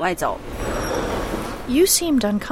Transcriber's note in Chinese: Office ambience